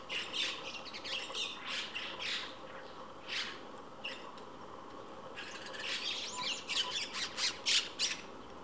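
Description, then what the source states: White-cheeked starlings giving harsh, grating squawks in a dense, overlapping chorus that builds into loud bursts near the end, with a faint steady hiss behind. Several pairs perched in a row at even spacing along an electric wire, occasionally squabbling noisily with harsh chattering.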